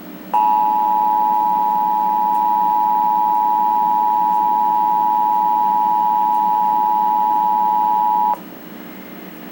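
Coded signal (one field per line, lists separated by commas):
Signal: Emergency Alert System (SAME) tones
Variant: 853 and 960 Hz attention tone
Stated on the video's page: Required Monthly Test for Maine, received on a TV.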